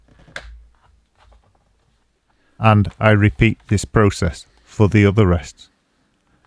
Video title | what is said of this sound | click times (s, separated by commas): the new MOGABI V3 electric guitar, with built in speaker. Unboxing, walkthrough & review | and then push the rest across so it locks in place. | 0.4 s